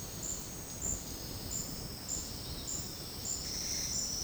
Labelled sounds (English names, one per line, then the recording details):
none
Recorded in secondary vegetation near Puerto Asís, Putumayo, Colombia, on 18 February 2024 at 10:30
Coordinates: 0.468, -76.324
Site G6381